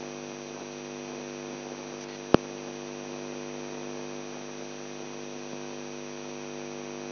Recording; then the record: brain microelectrode recording played as sound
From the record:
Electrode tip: outside the subthalamic nucleus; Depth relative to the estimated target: -6 mm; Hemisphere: left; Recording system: AlphaMap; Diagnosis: Parkinson's disease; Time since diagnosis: 11 years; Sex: male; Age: 42 years